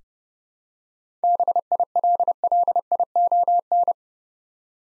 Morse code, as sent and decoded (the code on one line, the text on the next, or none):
-... .. .-.. .-.. .. --- -.
BILLION